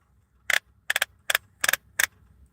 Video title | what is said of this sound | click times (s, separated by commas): How to become a #Tactical #Athlete!!! | that clicking man once this clicked in it's not coming out until you release it | 0.9 s